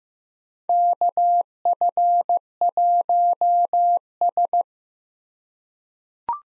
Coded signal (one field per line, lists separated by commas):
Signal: Morse code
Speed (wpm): 15 wpm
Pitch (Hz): 700 Hz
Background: none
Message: KF1S